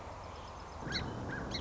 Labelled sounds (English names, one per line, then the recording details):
Song Sparrow
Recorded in Sonoma County, California